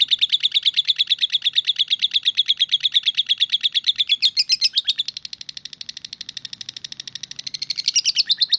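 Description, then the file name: Lovebird song: a steady, fast stream of shrill, scratchy chirps that turns into a quieter, denser buzzy trill before strengthening again. "audio lovebird star melinda omkicau"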